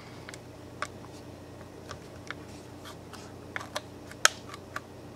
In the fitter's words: and then everything else can just snap right in just